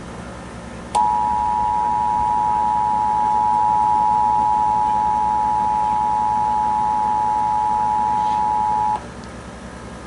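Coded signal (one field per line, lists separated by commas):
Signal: Emergency Alert System (SAME) tones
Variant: 853 and 960 Hz attention tone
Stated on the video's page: Required Monthly Test broadcast on TV station WGN 9.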